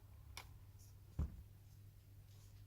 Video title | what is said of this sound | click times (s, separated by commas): Lenovo Tab 4 disassembly teardown take apart change parts - battery - mainboard - sim | if you hear the click characteristic click you | 0.4 s